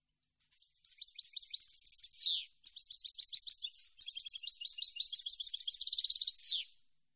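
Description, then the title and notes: European goldfinch song in two rapid, tinkling phrases of mixed chirps and fast buzzy trills, each ending on a quick downward slur. Clean goldfinch song recording on CD, made for song copying. "Cd Jilguero. Cd de canto de jilguero limpio para copia"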